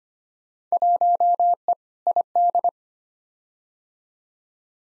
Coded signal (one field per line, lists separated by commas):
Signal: Morse code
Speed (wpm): 25 wpm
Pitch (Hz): 700 Hz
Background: none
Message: 1E ID